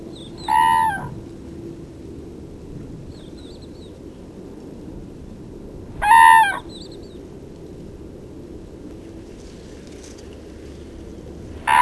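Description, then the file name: Crane giving loud, harsh trumpeting calls in short bursts, roughly every five to six seconds, over steady low background noise. "Gru"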